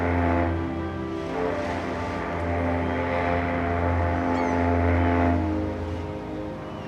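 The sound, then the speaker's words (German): A boat's engine drones steadily in a deep, humming tone while a constant wash of open-sea waves rushes beneath it, swelling slightly midway. No voices. “Das freie Meer! Wir haben das freie Meer erreicht!”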